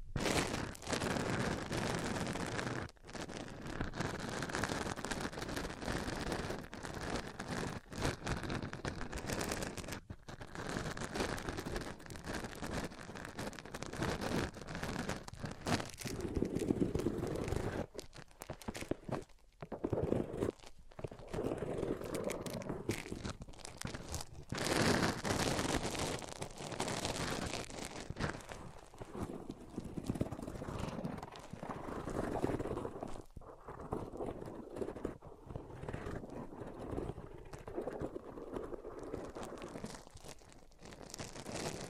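Microphones rubbed across various surfaces make dense, scratchy scraping and thumping, with frequent short dropouts and shifting texture throughout.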